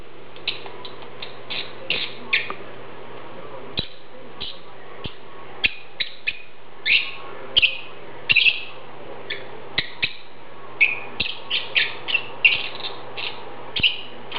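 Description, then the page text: Lovebird chirps, a long series of brief sharp notes in irregular bursts, with steady hum and clicks. "Попугай неразлучник - Голос"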